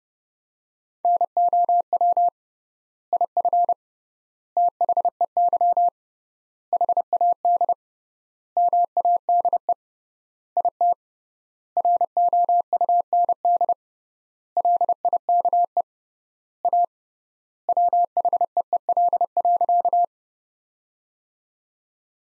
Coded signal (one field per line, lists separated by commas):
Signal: Morse code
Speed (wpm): 30 wpm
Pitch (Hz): 700 Hz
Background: none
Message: NOW IF THEY HAD MADE IT ROUND LIKE A WHEEL.